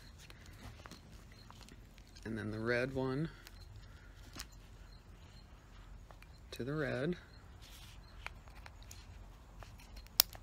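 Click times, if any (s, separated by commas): 10.2 s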